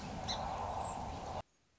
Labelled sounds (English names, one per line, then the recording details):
Song Sparrow
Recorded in Sonoma County, California